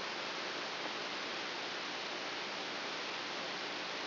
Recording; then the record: brain microelectrode recording played as sound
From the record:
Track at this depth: outside the subthalamic nucleus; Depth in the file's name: 5.201 mm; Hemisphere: right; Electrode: 3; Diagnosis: Parkinson's disease